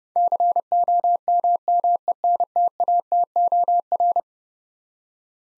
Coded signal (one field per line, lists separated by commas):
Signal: Morse code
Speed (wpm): 30 wpm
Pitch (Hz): 700 Hz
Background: none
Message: COMMENTATOR